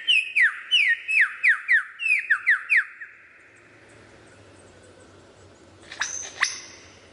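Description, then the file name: Lyrebird song: rapid repeated downslurred whistles in a rhythmic run, a quiet pause with low hum, then two sharp high rising notes. Variations of the song. "suara lyrebird variasi"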